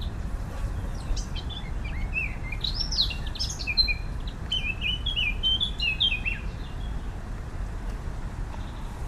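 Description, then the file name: Eurasian blackcap singing a warbling phrase that ends in clear, loud fluted whistles, over a steady low rumble of background noise. "Sylvia atricapilla"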